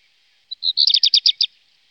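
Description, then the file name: Black redstart song: a short phrase of bright, rapid stuttering notes around a high pitch, opening with a thin lead-in note, then a brief trill, lasting about one second. "Hausrotschwanz"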